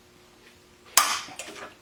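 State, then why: Torque reached. A torque wrench set to 175 tightens a fastener on the valve seat machine fixture holding a motorcycle cylinder head. After a quiet stretch, the wrench gives one sharp, loud click at 0.98 s, followed by a fainter tap at 1.4 s. The fastener is torqued tight.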